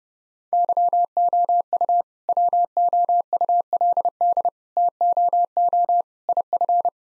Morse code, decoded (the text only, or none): YOU WOULD TOO IF